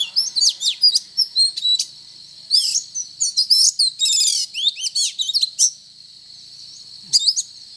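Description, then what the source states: Oriental magpie-robin song: quick sequence of bright whistled notes and slurs, a dense buzzy trill midway, then quiet before a final sharp phrase. Called kacer locally; described as gacor, actively and vigorously singing.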